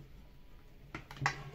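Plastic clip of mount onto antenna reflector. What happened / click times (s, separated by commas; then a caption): A half-engaged plastic clip was pushed fully home / 1.0 s, 1.3 s. A half-engaged plastic clip on the mount of a TP-Link Pharos CPE710 is pushed further onto the antenna reflector. Against a quiet background, sharp snaps are heard at about 1.0 s and 1.3 s, with a weaker tick around 1.1 s. The clip is seated.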